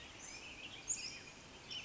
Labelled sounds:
Western Tanager (Piranga ludoviciana)
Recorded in Sonoma County, California

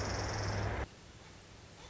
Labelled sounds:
Pacific Wren (Troglodytes pacificus)
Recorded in Sonoma County, California

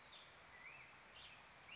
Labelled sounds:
Black-headed Grosbeak (Pheucticus melanocephalus)
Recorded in Sonoma County, California

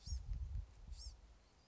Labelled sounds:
Blue-gray Gnatcatcher (Polioptila caerulea)
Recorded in Sonoma County, California

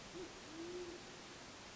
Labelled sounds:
Band-tailed Pigeon (Patagioenas fasciata)
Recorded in Sonoma County, California

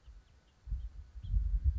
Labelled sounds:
House Finch (Haemorhous mexicanus)
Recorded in Sonoma County, California

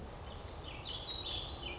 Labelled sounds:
Warbling Vireo (Vireo gilvus)
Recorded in Sonoma County, California

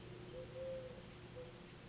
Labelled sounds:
Eurasian Collared Dove (Streptopelia decaocto)
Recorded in Sonoma County, California

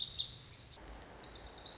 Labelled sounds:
Lazuli Bunting (Passerina amoena)
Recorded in Sonoma County, California

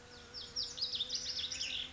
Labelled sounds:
Lazuli Bunting (Passerina amoena)
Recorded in Sonoma County, California

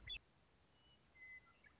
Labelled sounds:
Western Meadowlark (Sturnella neglecta)
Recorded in Sonoma County, California

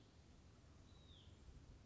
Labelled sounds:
Hutton's Vireo (Vireo huttoni)
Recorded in Sonoma County, California

